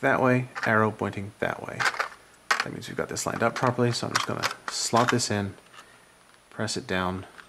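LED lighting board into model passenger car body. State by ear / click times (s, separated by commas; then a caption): not seated / none. Someone talks while an assembled LED lighting board, lined up with its arrow, is slotted into a Kato HO scale plastic Superliner passenger car body and pressed down toward the two small retaining tabs meant to lock it. The clip ends before the board goes home, and nothing has seated or clicked yet.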